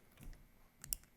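A crimped wiring-harness terminal pin, carrying power, is pushed into the number 1 pin seat at the back of a plastic port-injection injector harness connector on a Nova 350 running an AEM Infinity. Faint scuffs and light ticks at about 0.2–0.3 s lead into a small tick at 0.8 s. The terminal locks into the housing with a sharp click at 0.9 s, then a faint tick follows, and the pin is tug-tested and confirmed seated.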